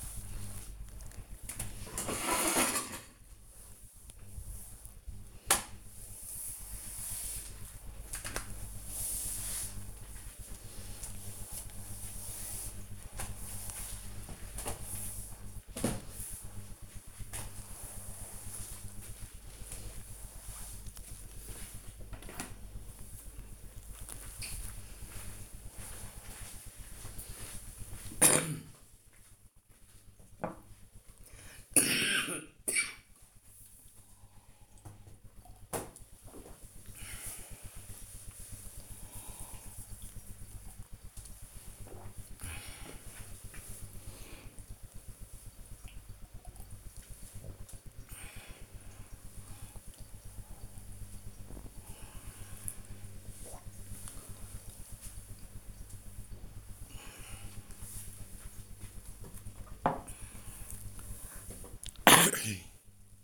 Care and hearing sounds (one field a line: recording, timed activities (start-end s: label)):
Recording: household activities, microphone on the right wrist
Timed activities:
0.00-21.00 s: floor cleaning
31.09-58.29 s: drinking